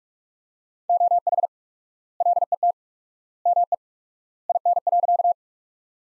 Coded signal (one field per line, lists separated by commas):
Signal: Morse code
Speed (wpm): 46 wpm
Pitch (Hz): 700 Hz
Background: none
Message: OH LET ME IN.